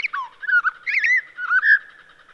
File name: Townsend's Solitaire